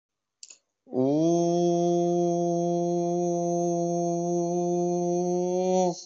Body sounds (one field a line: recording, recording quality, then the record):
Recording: sustained vowel as in boot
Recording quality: excellent, no background noise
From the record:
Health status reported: COVID-19 positive, no symptoms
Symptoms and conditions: none ticked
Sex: male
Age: 25 years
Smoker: not ticked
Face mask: not worn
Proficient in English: no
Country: India